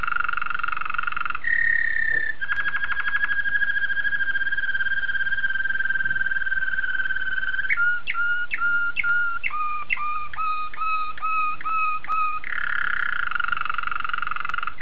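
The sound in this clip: Domestic canary song: a warble, then a long steady whistled note and a fast rattle, followed by a run of repeated whistled two-part notes and a rolling finish.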